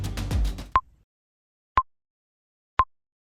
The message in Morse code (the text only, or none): none